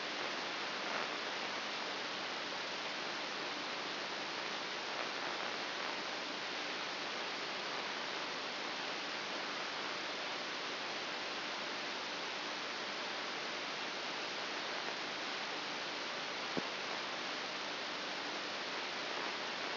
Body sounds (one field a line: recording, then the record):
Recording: brain microelectrode recording played as sound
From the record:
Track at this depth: outside the subthalamic nucleus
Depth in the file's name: 7.001 mm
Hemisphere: right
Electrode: 2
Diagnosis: Parkinson's disease